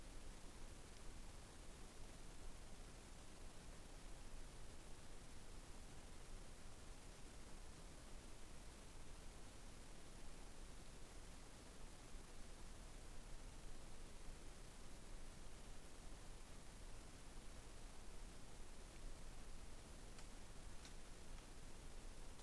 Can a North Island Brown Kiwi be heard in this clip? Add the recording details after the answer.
no. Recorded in New Zealand on 15 November 2013. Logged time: 00:43. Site BV22